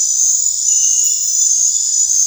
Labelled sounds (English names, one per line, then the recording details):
none
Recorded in dense forest near Puerto Asís, Putumayo, Colombia, on 21 December 2024 at 21:00
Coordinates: 0.468, -76.322
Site G071